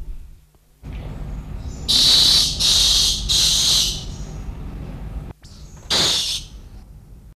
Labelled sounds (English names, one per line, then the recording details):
Dusky Lory call
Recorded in captivity
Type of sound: call
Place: Wilhelma Stuttgart, Baden-Württemberg, DE
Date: 1969-10-08
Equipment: Halbspur, 9,5 cm/s
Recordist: Lütgens, Hans
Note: Rufe